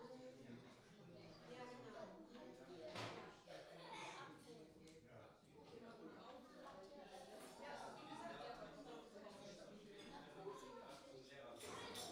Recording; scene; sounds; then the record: everyday scene through a hearing-aid microphone; many people talking; many voices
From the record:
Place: parish hall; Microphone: in the ear canal, right